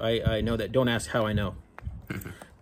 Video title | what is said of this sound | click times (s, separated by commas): Turning your KTM 300 XC-W into an XC! | so we're going to plug in the electrical and you want to hear it snap you don't want to pull too hard on this tab they break off | 1.8 s